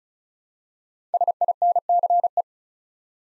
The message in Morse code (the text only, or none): SINCE